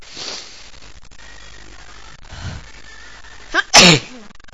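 After several seconds of quiet room noise, a quick sharp intake of breath leads into one loud, explosive sneeze from an adult woman near the end. A single ordinary sneeze, brief and forceful, with a soft trailing sound after it.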